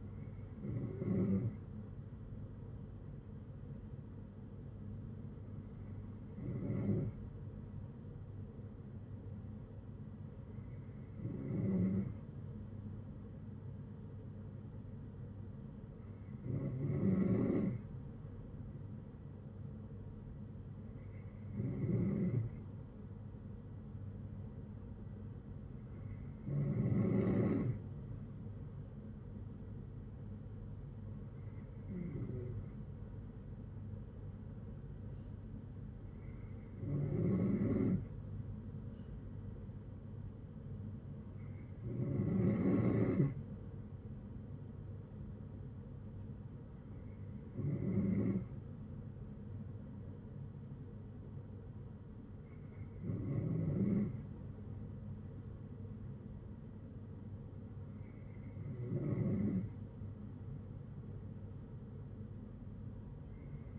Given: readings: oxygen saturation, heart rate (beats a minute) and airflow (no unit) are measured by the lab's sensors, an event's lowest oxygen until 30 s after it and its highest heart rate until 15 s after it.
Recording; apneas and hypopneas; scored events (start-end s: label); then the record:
breathing in sleep by a smartphone at the bedside; none
none scored
From the record:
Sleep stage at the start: N3 (deep sleep); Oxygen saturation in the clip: 93 to 95%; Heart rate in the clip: 56 to 68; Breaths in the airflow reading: 12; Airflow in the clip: -8.8 to 5.5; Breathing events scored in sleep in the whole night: 182 in 7.4 hours asleep